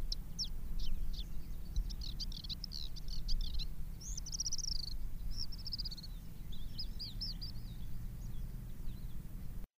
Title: Suara Burung Branjangan